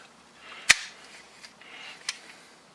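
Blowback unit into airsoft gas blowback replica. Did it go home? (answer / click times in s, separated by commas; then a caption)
partly / 0.7 s. A Knuckles Customs full-auto blowback unit is pushed into an airsoft gas blowback replica, giving a sharp, bright snap at 0.7 s, then a faint tap near 1.6 s and a second smaller snap at 2.1 s over quiet hiss. The part goes in only partly and is not fully seated.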